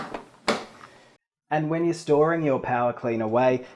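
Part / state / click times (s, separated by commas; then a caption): plastic latch on a carpet cleaner's tank or body / seated / 0.5 s. A plastic latch on the tank of a BISSELL PowerClean 2889F carpet cleaner is snapped shut after the nozzle and tank are refitted. It gives a sharp click at 0.5 s, with fainter taps around it, and the latch is seated. After a brief silence, someone talks.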